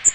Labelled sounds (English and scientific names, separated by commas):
Magnolia Warbler (Setophaga magnolia) flight call